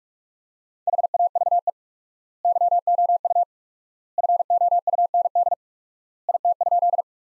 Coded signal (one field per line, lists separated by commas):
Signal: Morse code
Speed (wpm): 46 wpm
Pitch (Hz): 700 Hz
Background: none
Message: HAVE YOU FOUND IT?